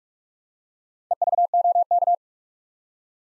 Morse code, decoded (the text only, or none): EVOK